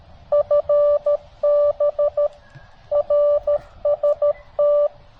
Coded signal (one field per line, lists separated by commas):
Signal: Morse code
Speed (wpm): 14 wpm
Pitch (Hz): 590 Hz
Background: none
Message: FB RST